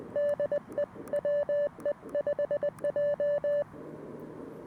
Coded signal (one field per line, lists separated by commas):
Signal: Morse code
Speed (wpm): 20 wpm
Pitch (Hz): 580 Hz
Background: none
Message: DE WE5J